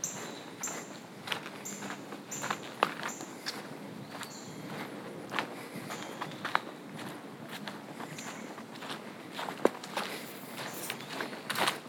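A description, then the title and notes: Boots crunch and scuff over gravel in a steady walking rhythm, about one step every half second or so, with a few sharper clicks. Birds sing high, short repeated chirps through much of the clip, thinning toward the end. A Walk in the Woods. Sounds of birds singing in the trees, the scuff of hiker’s boots, and crunching gravel underfoot.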